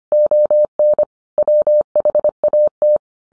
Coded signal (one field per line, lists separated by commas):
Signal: Morse code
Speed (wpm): 25 wpm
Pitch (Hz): 600 Hz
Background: none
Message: ON WHAT